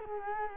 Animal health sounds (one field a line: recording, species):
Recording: mosquito wingbeat signal from an infrared sensor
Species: Culex quinquefasciatus